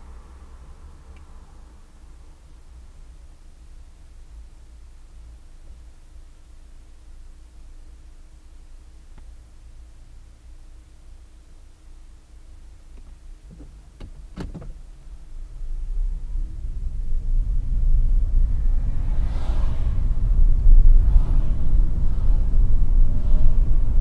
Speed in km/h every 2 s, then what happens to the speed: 0, 0, 0, 0, 0, 0, 0, 0, 25, 33, 39, 40.
0-14 standing. 14-24 pulls away to 40.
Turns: none.